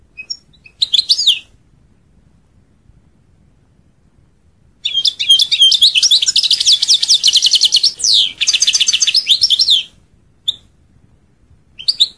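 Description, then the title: European goldfinch song, a short twitter, then a long rapid run of tinkling, buzzy notes and trills, followed by a few scattered single chirps. "Chant Chardonneret"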